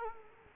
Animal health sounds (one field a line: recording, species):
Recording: mosquito wingbeat signal from an infrared sensor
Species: Culex quinquefasciatus